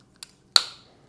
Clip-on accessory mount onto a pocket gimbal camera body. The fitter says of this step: and then it snaps into place